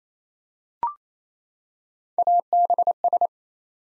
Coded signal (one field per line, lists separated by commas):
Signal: Morse code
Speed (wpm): 27 wpm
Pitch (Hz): 700 Hz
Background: none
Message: ABS